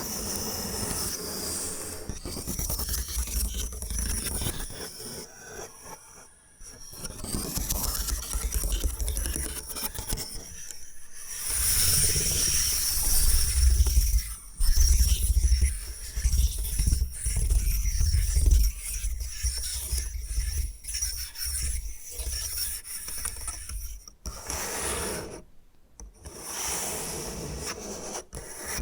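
Bamboo scratched and brushed in uneven rasping strokes with a bright hiss and low rumble, dropping to brief silences around 6, 24 and 26 seconds.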